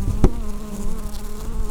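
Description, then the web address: Red-tailed bumblebee buzzing, a steady low hum with layered harmonic tones, and one sharp knock near the start. Queen. "Lapidarius queens"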